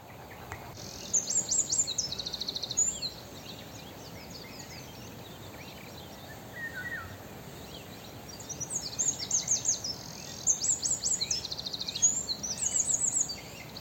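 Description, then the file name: Eurasian wren song: rapid high trilled and warbled phrases in two bursts, over steady background noise. "Troglodytes troglodytes"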